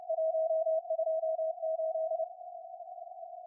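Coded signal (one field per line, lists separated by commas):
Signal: Morse code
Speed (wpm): 30 wpm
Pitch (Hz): 690 Hz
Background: none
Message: 128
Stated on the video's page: CW contacts in the WAE contest using a SunSDR2 DX transceiver.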